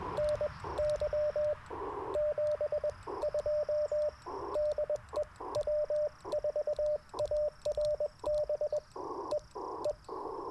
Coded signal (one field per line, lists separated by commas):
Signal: Morse code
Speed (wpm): 20 wpm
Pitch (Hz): 600 Hz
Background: radio noise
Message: NY 72 DE W4ARB EE